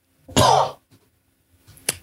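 One loud, harsh adult cough burst in a small room, with a faint click afterwards.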